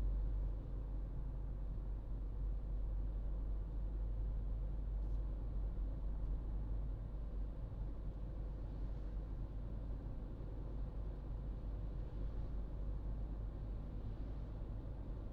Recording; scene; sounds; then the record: everyday scene through a hearing-aid microphone; in a vehicle; engine, highway driving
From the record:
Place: Berlingo II, diesel engine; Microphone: in the ear canal, right